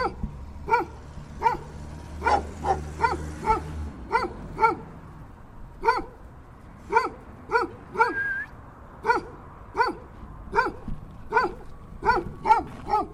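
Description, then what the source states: Dog barks ring out steadily in a long series, with a quicker cluster early on and a low rumbling noise in the first few seconds. Two dogs in Denver.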